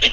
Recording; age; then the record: pig call; piglet (1 to 25 days)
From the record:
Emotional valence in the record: negative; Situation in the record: crushing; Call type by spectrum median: high-frequency call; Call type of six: low-frequency tonal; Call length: 0.13 s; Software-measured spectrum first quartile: 1837 Hz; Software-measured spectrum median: 2799 Hz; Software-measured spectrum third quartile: 3325 Hz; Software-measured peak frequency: 2753 Hz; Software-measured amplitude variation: 154 dB a second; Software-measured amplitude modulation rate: 7.6 a second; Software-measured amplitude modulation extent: 20.1 dB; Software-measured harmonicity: 5.2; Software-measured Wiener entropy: -1.95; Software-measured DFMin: 873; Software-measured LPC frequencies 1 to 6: 527, 2032, 2932, 4789, 5715, 6452 Hz